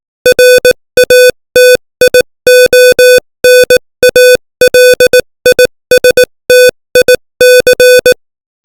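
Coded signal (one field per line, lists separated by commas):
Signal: Morse code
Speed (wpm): 18 wpm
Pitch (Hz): 500 Hz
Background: music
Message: RATIONALISTIC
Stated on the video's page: Morse code lesson text sent at 18 wpm.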